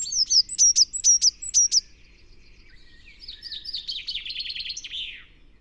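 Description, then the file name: Eurasian blue tit calls: a string of loud, sharp high peeps, then after a pause a quieter fast trill of chattering notes. "Cyanistes caeruleus"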